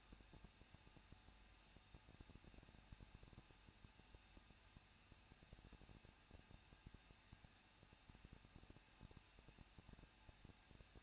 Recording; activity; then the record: daily activity, microphone in the room; no activity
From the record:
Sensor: 2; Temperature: 21.0 degrees Celsius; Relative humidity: 37.3%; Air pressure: 1006.2 hPa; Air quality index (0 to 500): 222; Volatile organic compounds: 24 ppm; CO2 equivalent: 2810 ppm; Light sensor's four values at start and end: 2/3/2/2 and 2/3/2/2